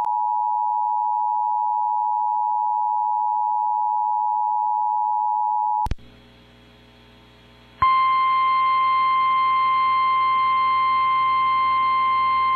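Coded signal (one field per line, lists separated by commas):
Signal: Emergency Alert System (SAME) tones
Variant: 853 and 960 Hz attention tone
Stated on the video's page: Tornado alerts carried by an AM broadcast station.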